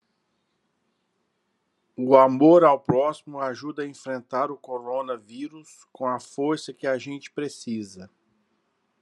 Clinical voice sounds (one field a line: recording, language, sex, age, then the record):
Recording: spoken sentence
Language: Brazilian Portuguese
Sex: male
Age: 40 to 49 years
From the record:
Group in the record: control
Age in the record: 47 years